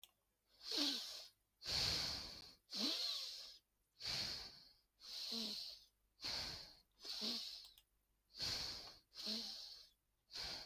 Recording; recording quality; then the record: deep breathing; excellent, no background noise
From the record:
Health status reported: healthy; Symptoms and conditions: none ticked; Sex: female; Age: 37 years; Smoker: not ticked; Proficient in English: yes